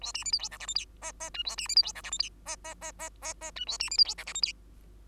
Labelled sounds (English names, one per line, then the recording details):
Bengalese Finch song
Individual Bird2